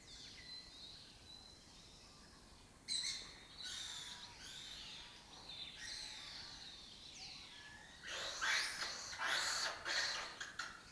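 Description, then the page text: Lesser kestrels calling, quiet sweeping notes that suddenly break into loud, harsh rasping bursts, then a fast, grating chatter toward the end. Breeding colony occupying an abandoned building complex in Doñana; migratory raptor that forages in West Africa and breeds in southern Europe. "Lesser Kestrels Took Over an Abandoned Building. Here in Doñana"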